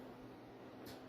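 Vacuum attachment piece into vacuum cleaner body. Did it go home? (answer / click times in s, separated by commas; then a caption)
no / none. A plastic attachment piece is lined up on the small guides of a vacuum cleaner body before being pushed home, with only a steady low background hum and a faint brief rustle near 0.9 s. Nothing has seated or clicked yet.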